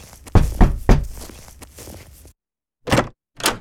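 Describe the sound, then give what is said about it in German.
A boy knocks on the door of a farmhouse on a very cold day: three quick heavy raps at first, then a brief silence and two more firm knocks. Each hit is dull and low, with no voices. “Dann klopfte er beherzt gegen die Tür des Wohnhauses.”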